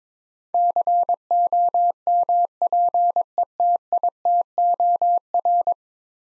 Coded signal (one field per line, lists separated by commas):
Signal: Morse code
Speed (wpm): 22 wpm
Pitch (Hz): 700 Hz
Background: none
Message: COMPETITOR